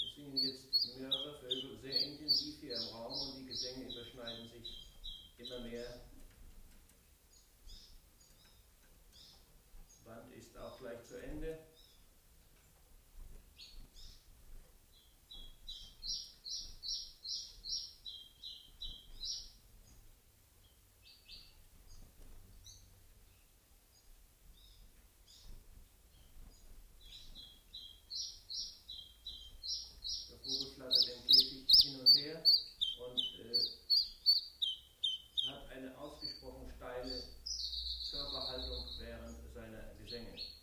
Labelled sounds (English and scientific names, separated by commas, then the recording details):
Common Chiffchaff (Phylloscopus collybita)
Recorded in captivity
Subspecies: collybita
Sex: male
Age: adult
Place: Zoologisches Institut Universität Tübingen, Spanierzimmer, Baden-Württemberg, DE
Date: 1969-06-13
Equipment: Nagra III PH, MKH 805, PES 26
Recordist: Schneider, Hans-Joachim
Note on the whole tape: Männchen blau/blau -rot/gelb aus eignerer Zucht 1967: sonderbare Gesänge mit brehmii-artigen Triller. MaAs: U.K